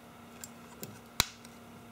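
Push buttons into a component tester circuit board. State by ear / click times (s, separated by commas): seated / 1.2 s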